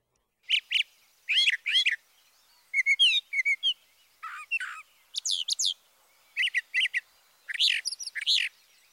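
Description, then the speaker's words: Brown Thrasher song: loud, varied high phrases, most given twice in quick succession, with brief pauses between the pairs. Emphatically delivered song of paired phrases, typically repeated once or twice; Thoreau rendered it as 'drop it, cover it up, cover it up, pull it up, pull it up, pull it up'. "Listen again to the emphatically delivered song of the brown thrasher."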